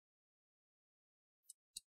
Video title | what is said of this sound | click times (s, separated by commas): How to Repaste and Clean HP 15 Db0004 Laptop - Step-by-Step Guide🧹 ✅ | uh you're gonna align it we're gonna push it down so you hear tiny clicks | 1.5 s, 1.8 s